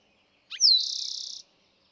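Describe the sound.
Eastern towhee singing once, opening with a brief note and a bright downward slur before a fast, even trill that holds steady and ends abruptly.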